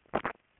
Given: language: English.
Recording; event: throat vibration sensor signal played as sound; swallow